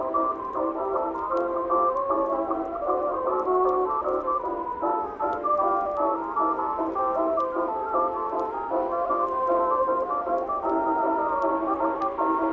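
Oldies music plays softly from another room, muffled so only the middle of the sound comes through, with no crisp highs or deep bass. Shifting melody notes run steadily at an even level throughout, with faint scattered ticks and crackles on top.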